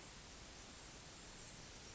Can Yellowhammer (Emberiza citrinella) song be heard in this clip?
no